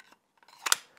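A Civivi Elementum fixed-blade knife is pulled from its molded Kydex sheath, which holds it with a strong click lock-up. Faint rustles lead into a sharp double snap at 0.7 and 0.7 seconds as the knife pops free of the sheath and is released.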